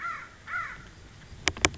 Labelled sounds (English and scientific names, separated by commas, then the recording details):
American Crow (Corvus brachyrhynchos)
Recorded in Sonoma County, California